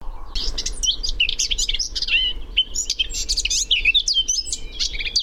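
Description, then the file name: Eurasian blackcap giving a rich, rambling warble of rapid high notes and swooping slurs, with a low background rumble throughout. "Sylvia atricapilla"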